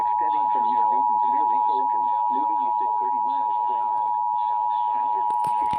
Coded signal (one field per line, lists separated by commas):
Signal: Emergency Alert System (SAME) tones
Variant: 853 and 960 Hz attention tone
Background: speech